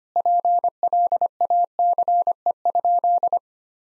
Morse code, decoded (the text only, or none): PLACE?